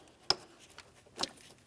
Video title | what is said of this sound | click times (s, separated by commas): How to Replace Electronic Cooling Fan 2007-2014 Ford Edge 3.5L | That is secure. Locked in, double-checked. | 0.3 s